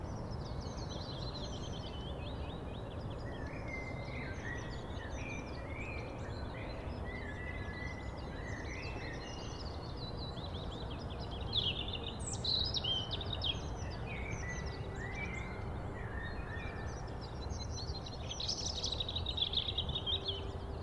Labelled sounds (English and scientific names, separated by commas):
European Robin (Erithacus rubecula) song